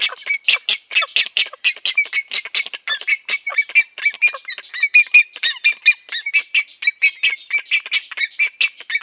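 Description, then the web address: Great egret nestlings begging with a steady barrage of short, rasping clicks and chatters in an unbroken, busy stream. "Schulze Peter Great Egret nestlings"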